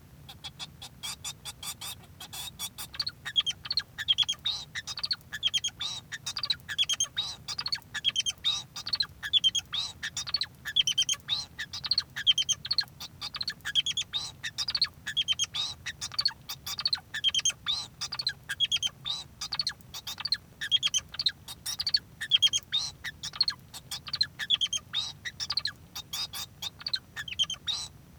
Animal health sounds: song of a male Bengalese finch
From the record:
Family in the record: son of father 2

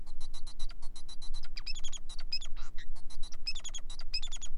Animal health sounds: song of a male Bengalese finch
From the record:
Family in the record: son of father 4

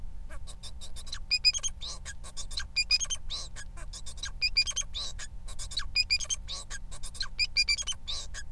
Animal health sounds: song of a male Bengalese finch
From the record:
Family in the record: son of father 4

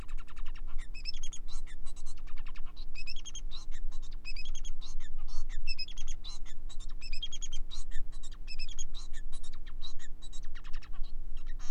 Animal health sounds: song of a male Bengalese finch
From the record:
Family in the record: son of father 4

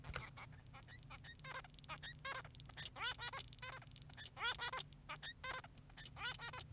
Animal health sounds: song of a male Bengalese finch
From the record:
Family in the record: son of father 3

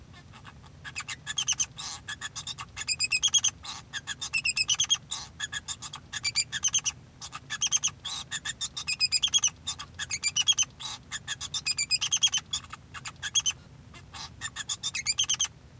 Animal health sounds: song of a male Bengalese finch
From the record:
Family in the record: son of father 2

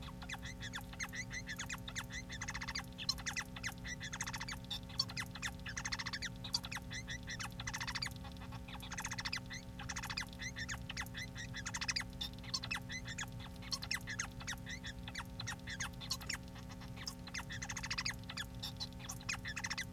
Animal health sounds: song of a male Bengalese finch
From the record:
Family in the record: son of father 4

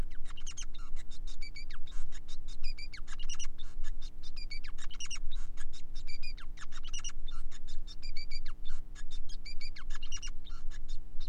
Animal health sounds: song of a male Bengalese finch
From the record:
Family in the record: son of father 5

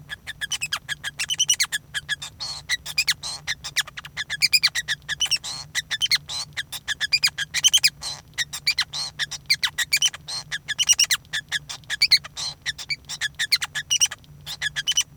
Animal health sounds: song of a male Bengalese finch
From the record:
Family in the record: son of father 5

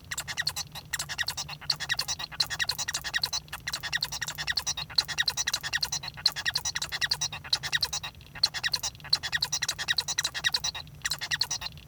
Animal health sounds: song of a male Bengalese finch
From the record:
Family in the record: son of father 1

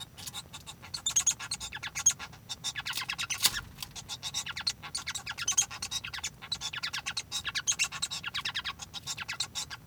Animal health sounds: song of a male Bengalese finch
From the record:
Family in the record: son of father 1

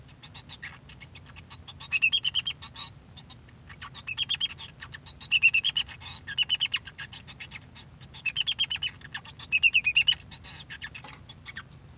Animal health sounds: song of a male Bengalese finch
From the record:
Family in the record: son of father 2

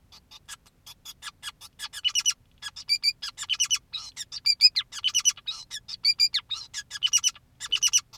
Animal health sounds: song of a male Bengalese finch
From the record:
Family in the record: son of father 2, and himself father 5

